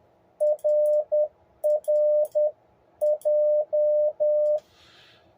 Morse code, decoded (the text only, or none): RRJ